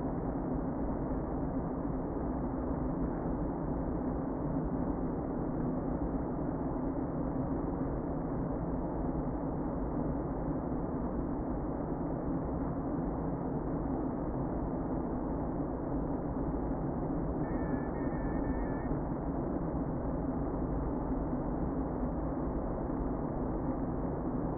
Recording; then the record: honeybee colony, microphone inside the hive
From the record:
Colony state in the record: queen present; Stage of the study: before two queens were removed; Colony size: about 60,000 bees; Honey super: yes